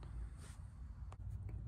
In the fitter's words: push towards the back of the car and i'll snap right in